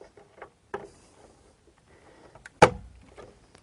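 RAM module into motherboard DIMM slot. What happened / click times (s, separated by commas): The last module clicked home in its slot / 2.6 s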